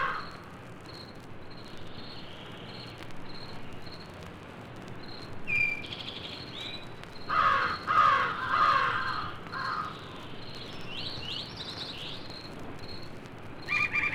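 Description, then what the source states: Crow giving a short run of harsh caws midway, among other birds' calls and a regular series of high pulsed notes. Recorded together with other birds.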